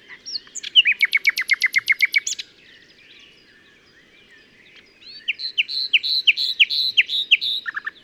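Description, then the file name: Common nightingale song: a rapid volley of sharp repeated notes, a pause, then a run of whistled notes in quick succession. "Luscinia megarhynchos"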